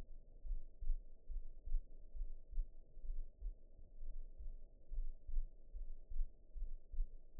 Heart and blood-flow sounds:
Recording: heart sounds by optical stethoscope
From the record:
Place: mitral valve (MV)

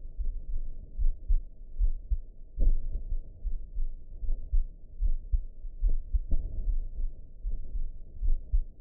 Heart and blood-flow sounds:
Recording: heart sounds by optical stethoscope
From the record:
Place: pulmonary valve (PV)

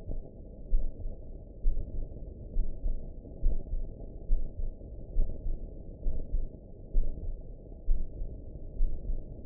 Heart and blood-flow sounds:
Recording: heart sounds by optical stethoscope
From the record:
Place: pulmonary valve (PV)

